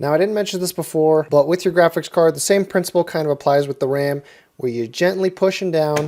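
A graphics card is being gently pushed down into a motherboard PCIe slot, where it is meant to snap in at the retention latch, while someone talks throughout. No click is heard, and the card has not seated or snapped in yet.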